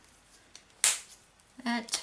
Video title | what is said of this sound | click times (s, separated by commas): Magical Mermaid Part 1 Coloring Technique | you can hear that snap when I close them it's very important to close the | 0.8 s